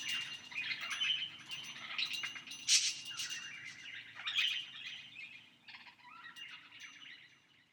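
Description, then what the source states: Birds twittering in overlapping bright chirps and short squeaky notes, rising and falling in loudness, then thinning out and fading toward the end. The recordist's own birds.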